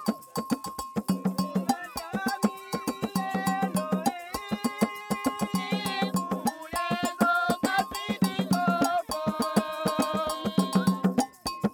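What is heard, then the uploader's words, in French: A village choir in Congo sings in several voices, holding long notes and sliding between pitches. A fast, steady metallic beat like a struck bell or cowbell runs underneath the whole time, with brief pauses in the singing around the second and fourth seconds. Une chorale de village au Congo. Le soir tombait. Fantôme jouait du 'ngonge', de la double-cloche.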